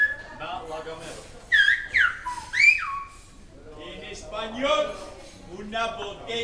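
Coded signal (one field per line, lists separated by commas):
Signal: whistled language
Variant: Silbo Gomero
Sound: a few loud gliding whistles rising and falling in pitch, followed by a man talking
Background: speech, room echo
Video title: Silbo Gomero - гомерский свист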